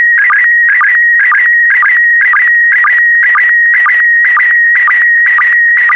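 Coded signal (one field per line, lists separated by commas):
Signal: SSTV (slow-scan television)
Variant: PD120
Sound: steady high warbling tone with a short low blip about twice per second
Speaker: get ready starting transmission in 5 4 3 2 1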